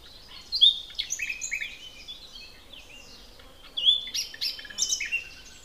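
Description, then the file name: Common nightingale song in two loud phrases of clear whistles and varied notes, separated by a pause. "Luscinia megarhynchos"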